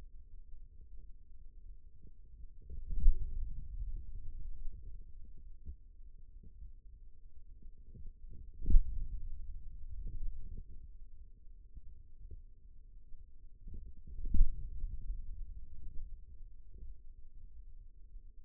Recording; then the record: forearm muscle sounds (acoustic myography)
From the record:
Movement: finger pinch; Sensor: system 2, bracelet of six BSWA MPA416 microphones around the upper forearm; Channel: 3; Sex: male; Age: 22 years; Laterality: right